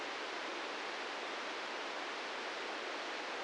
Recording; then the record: brain microelectrode recording played as sound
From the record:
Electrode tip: inside the subthalamic nucleus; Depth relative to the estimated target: -4 mm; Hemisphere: left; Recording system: NeuroSet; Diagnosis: Parkinson's disease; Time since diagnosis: 13 years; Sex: male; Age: 66 years